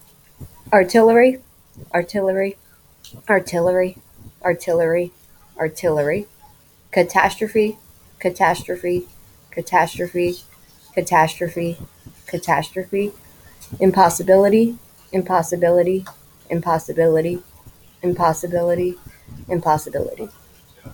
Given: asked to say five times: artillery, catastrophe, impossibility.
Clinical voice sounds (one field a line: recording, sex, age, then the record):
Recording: three words, each repeated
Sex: female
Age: 30 to 39 years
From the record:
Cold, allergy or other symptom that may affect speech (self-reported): no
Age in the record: 34 years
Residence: Florida, United States